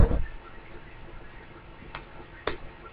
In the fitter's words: that you get a nice positive click when it's shut